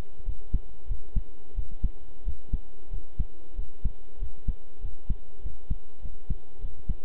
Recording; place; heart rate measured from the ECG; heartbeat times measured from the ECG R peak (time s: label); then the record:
heart sounds by stethoscope; between the tricuspid and mitral areas; 94 bpm
0.24 s: heartbeat
0.86 s: heartbeat
1.54 s: heartbeat
2.23 s: heartbeat
2.89 s: heartbeat
3.54 s: heartbeat
4.17 s: heartbeat
4.80 s: heartbeat
5.41 s: heartbeat
6.00 s: heartbeat
6.59 s: heartbeat
From the record:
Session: pedaling a stationary bicycle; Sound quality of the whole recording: good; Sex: male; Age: 23 years